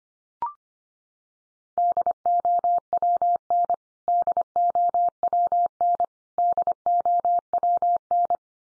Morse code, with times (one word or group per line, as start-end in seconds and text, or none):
1.8-3.7 DOWN
4.1-6.0 DOWN
6.4-8.4 DOWN